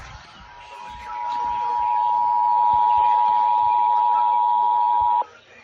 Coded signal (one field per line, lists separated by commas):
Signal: Emergency Alert System (SAME) tones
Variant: 853 and 960 Hz attention tone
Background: speech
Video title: HIGH WIND WARNING... EAS Alerts from 12/21/20 (EAS #5,209 - 5,214)